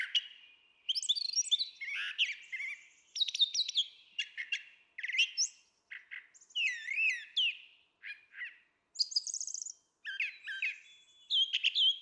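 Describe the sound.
Brown Thrasher song: continuous sequence of varied phrases, sharp whistles, chirps and buzzy notes, many repeated in pairs, with brief gaps.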